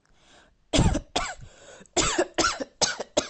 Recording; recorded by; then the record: voluntary cough; messaging app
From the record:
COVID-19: negative